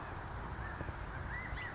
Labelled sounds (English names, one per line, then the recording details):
California Quail
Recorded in Sonoma County, California